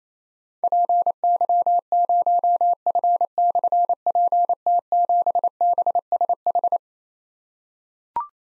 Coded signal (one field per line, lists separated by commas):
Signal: Morse code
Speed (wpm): 29 wpm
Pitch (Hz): 700 Hz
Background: none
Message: PY0F/PT7BSH